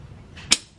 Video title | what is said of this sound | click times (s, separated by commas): Installing the S52 Drivetrain Into the E34! - E34 S52 Swap Ep. 5 | there we go you he it snap in place now we're going to get the rear carrier in | 0.5 s